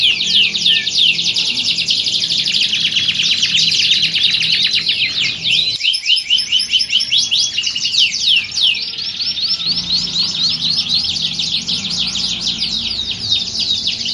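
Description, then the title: Canary song: continuous high rolling trills and chirps with brief dips in intensity. Belgian canary song played as a warm-up to get canaries singing, used to simulate a singing contest and train contest canaries' mental readiness. "Canto Para Esquentar Canário Belga. Simulasi Lomba Kenari. Suara Kenari Lomba. Melatih Mental Kenari Juara"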